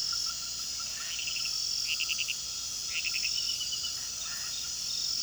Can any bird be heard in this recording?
no